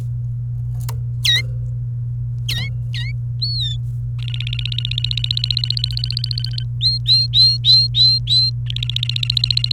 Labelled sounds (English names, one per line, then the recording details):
Domestic Canary song
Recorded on 28 April 2018 at 12:20
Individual llb3